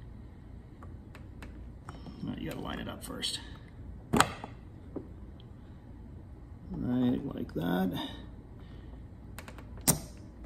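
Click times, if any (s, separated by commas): 9.9 s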